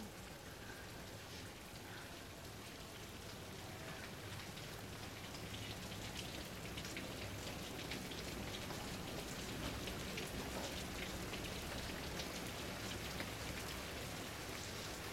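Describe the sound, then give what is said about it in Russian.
Steady rain patters on a windowsill at night, a dense wash of drops with sharper taps scattered through it, holding an even loudness for the whole stretch with no voices. “По подоконнику стучит дождь.”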